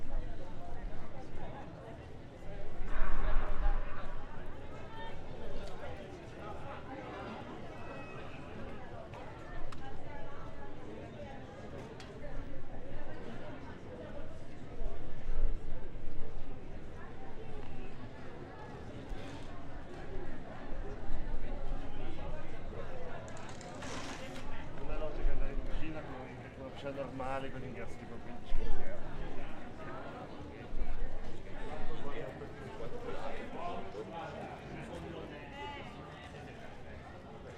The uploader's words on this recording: Piazza della Liberta, San Marino. Recorded by Cities and Memory. The passers-by are a curious mix of the usual tourists and people in all kinds of costumes here for a festival of sci-fi and fantasy.